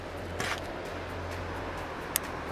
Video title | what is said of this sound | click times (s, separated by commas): Jeep JK Wrangler Install: PUTCO Luminix LED Taillights | you'll hear that little click that way you know it's here | 2.2 s